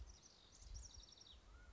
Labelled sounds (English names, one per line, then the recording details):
House Wren
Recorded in Sonoma County, California